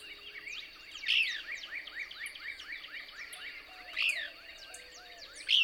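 Couch's Kingbird song: a rapid, steady series of sharp high chirps broken by three louder emphatic notes, with faint lower whistles underneath.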